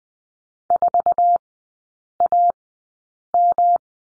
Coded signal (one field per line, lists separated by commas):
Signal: Morse code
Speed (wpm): 20 wpm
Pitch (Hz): 700 Hz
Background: none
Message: 4AM